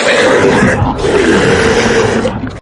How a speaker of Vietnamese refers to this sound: Trong tiếng yêu thú gầm gào, đám quân sĩ Ngân Giao Quân lúc đầu vẫn còn chống cự.